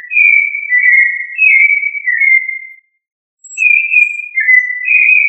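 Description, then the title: Whistled thrush song: a phrase of slurred, gliding notes, a short silence, then another phrase starting; nothing else audible. "Familia Turdidae - Sabia"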